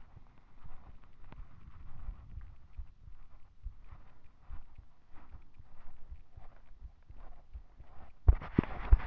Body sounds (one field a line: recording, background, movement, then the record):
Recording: deep breathing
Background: quiet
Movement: walking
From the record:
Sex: male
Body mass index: 20.5 kg/m2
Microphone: on the chest, facing the body